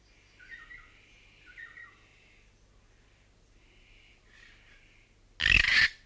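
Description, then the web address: North Island kaka giving soft, falling whistled notes, then a single loud, harsh, grating screech near the end. "bird-song north-island-kaka"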